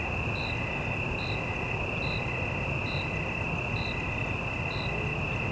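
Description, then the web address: Cricket chirps repeating evenly just under a second apart, set against a steady high-pitched insect drone and a rumbling wash of traffic. Single cricket in a city night evening ambience, with cicadas and distant traffic; stereo. "Surround in The Night 5 1-Stereo City Night Evening Ambience, Single Cricket, Cicadas, Distant Traffic"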